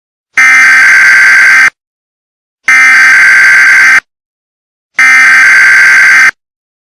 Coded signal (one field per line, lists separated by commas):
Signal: Emergency Alert System (SAME) tones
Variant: header bursts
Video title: Computer Malware gets in Required Monthly Test (EAS Mock #6)